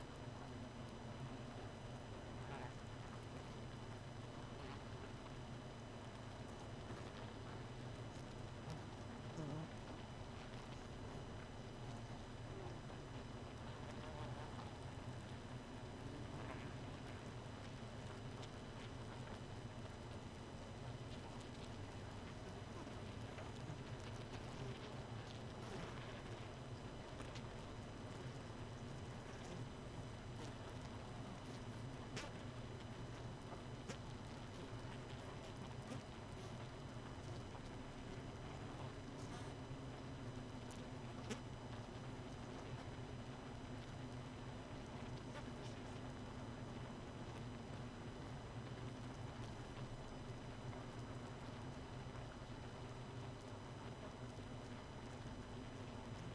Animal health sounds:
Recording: honeybee colony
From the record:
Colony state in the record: missing queen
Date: 31 May 2018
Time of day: 1:58

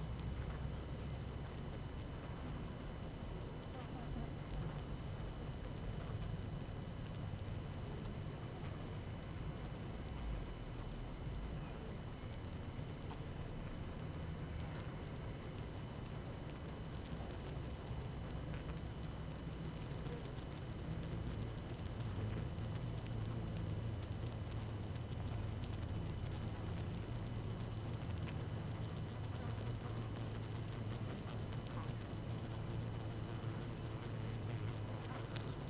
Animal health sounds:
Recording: honeybee colony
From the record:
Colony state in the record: active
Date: 12 June 2018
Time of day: 17:52

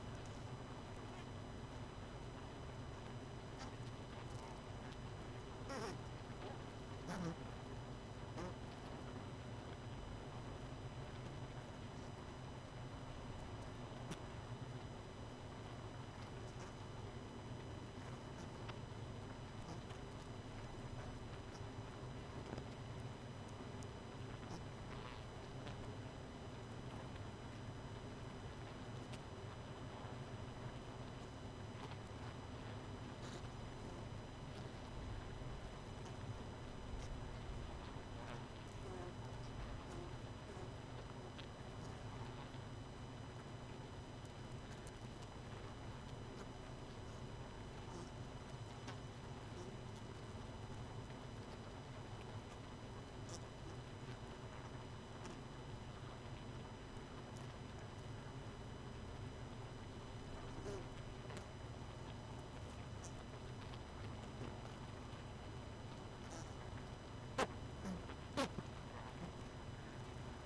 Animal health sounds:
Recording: honeybee colony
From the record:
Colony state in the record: missing queen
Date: 31 May 2018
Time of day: 23:56

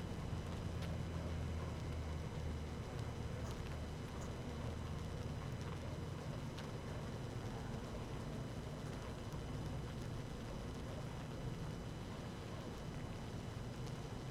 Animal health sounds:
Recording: honeybee colony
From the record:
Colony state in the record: active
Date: 12 June 2018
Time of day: 18:03

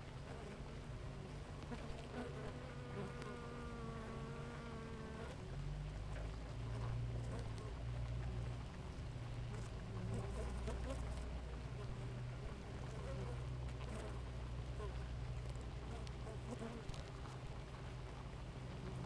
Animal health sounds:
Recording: honeybee colony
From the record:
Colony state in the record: active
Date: 28 July 2017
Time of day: 5:03

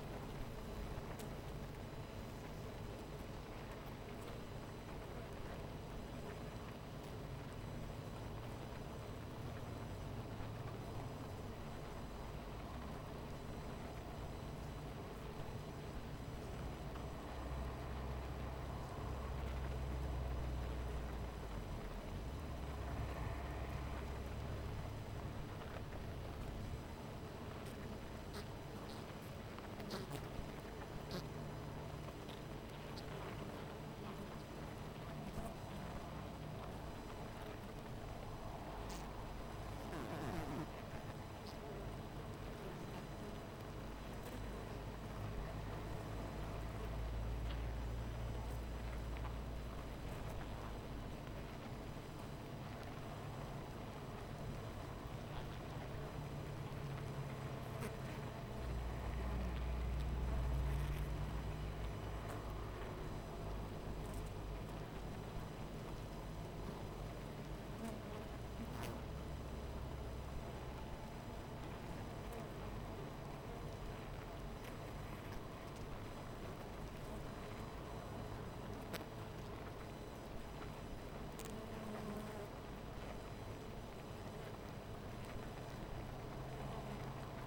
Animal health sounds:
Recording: honeybee colony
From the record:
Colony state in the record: missing queen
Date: 14 July 2017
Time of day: 12:43

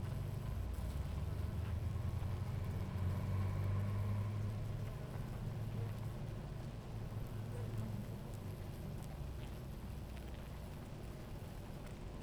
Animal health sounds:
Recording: honeybee colony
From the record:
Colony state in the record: active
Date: 28 July 2017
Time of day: 17:26

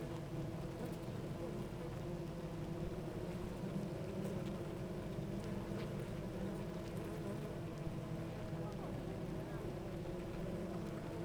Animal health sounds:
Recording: honeybee colony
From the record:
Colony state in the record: active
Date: 28 July 2017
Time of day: 9:02

